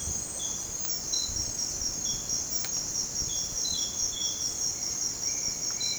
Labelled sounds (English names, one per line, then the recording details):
none
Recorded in dense forest near Puerto Asís, Putumayo, Colombia, on 20 December 2024 at 07:30
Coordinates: 0.466, -76.327
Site G075